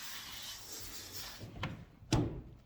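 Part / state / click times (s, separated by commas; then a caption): folding bed cover clamp onto pickup truck bed rail / not seated / none. Someone pushes a folding bed cover's mounting clamps down onto the bed rails of a pickup truck, expecting both to seat. After steady rubbing, two sharp knocks land at 1.6 s and 2.1 s, but these are rubbing or knocking sounds rather than a seating click. Nothing has seated yet because the alignment is off and needs adjusting.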